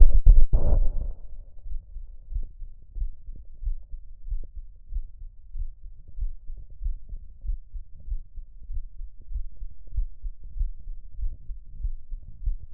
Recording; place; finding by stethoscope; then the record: heart sounds by stethoscope; mitral valve (MV); normal heart sounds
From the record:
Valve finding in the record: mitral regurgitation, grade 1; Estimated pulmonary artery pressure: 35 mmHg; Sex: female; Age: 43 years